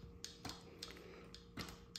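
A brake bleed adapter fitting is pushed into the bleed port on a bicycle hydraulic brake caliper, with a series of sharp, light ticks and small clicks as it is worked into place. It clicks in and seats at 2.0 s.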